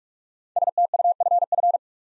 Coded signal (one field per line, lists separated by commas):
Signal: Morse code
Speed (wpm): 44 wpm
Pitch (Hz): 700 Hz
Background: none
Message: STUFF